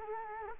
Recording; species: mosquito wingbeat signal from an infrared sensor; Culex quinquefasciatus